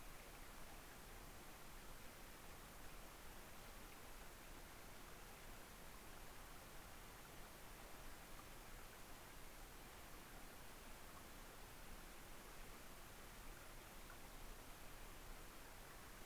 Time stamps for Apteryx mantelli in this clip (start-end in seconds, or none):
none